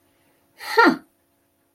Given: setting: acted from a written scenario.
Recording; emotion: vocal sound without words; pride